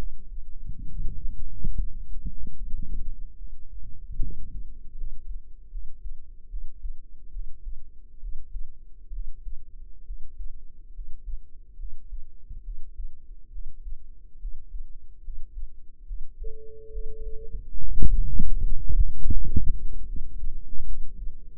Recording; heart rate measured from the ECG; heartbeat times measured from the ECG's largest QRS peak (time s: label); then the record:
heart sounds by microphone in the right ear; 72 bpm
0.87 s: heartbeat
1.75 s: heartbeat
2.54 s: heartbeat
3.36 s: heartbeat
4.19 s: heartbeat
4.94 s: heartbeat
5.69 s: heartbeat
6.48 s: heartbeat
7.30 s: heartbeat
8.18 s: heartbeat
9.10 s: heartbeat
10.04 s: heartbeat
10.92 s: heartbeat
11.76 s: heartbeat
12.62 s: heartbeat
13.49 s: heartbeat
14.38 s: heartbeat
15.21 s: heartbeat
16.04 s: heartbeat
16.90 s: heartbeat
17.75 s: heartbeat
18.54 s: heartbeat
19.29 s: heartbeat
20.05 s: heartbeat
20.84 s: heartbeat
From the record:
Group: healthy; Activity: Valsalva maneuver 0-2 s, rest 2-13 s, Valsalva maneuver 13-22 s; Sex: female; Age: 22 years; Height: 160 cm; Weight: 45 kg